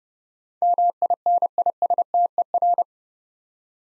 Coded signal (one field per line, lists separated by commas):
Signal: Morse code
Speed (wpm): 28 wpm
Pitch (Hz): 700 Hz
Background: none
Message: MINISTER